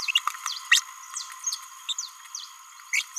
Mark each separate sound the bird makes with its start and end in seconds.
0.72-0.80, 1.89-1.93, 2.93-3.02